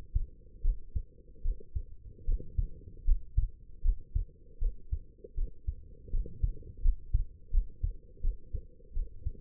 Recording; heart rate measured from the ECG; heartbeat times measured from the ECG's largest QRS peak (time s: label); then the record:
heart sounds by stethoscope; 79 bpm
0.61 s: heartbeat
1.42 s: heartbeat
2.24 s: heartbeat
3.04 s: heartbeat
3.81 s: heartbeat
4.58 s: heartbeat
5.34 s: heartbeat
6.10 s: heartbeat
6.81 s: heartbeat
7.50 s: heartbeat
8.21 s: heartbeat
8.93 s: heartbeat
From the record:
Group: healthy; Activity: rest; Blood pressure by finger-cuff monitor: 113/75 mmHg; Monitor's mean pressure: 85 mmHg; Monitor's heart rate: 78 bpm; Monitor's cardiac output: 5.7 L/min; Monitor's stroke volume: 74 mL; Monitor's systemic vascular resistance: 1060 dyn s/cm5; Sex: female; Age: 23 years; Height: 160 cm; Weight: 50.4 kg